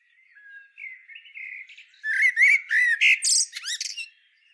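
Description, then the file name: Common blackbird song: a few low, soft warbled notes, then a rush of loud, high, squeaky twittering phrases. "Turdus merula"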